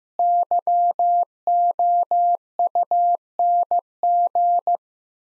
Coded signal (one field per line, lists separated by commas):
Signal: Morse code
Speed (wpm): 15 wpm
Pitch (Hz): 700 Hz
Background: none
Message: YOUNG